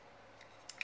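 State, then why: Partly seated. A plastic bronzer compact's lid is closed onto its base, giving small clicks at 0.7 s and 0.8 s over a quiet background. The lid does not click fully shut, so it can open inside a makeup bag.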